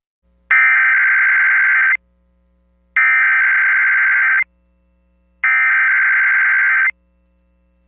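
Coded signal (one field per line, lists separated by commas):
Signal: Emergency Alert System (SAME) tones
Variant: header bursts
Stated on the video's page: Weekly test tones, using WJON products credited to another creator.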